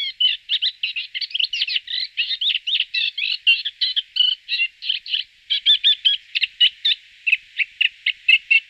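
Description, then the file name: Moustached warbler song: dense, fast, harsh chattering phrases that slow into spaced, clipped notes toward the end. "forapaglie castagnolo"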